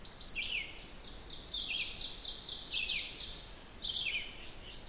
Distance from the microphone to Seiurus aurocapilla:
about 50 m